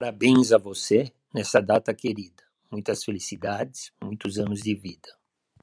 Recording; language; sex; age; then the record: short text; Brazilian Portuguese; female; 70 to 79 years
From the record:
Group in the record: control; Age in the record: 70 years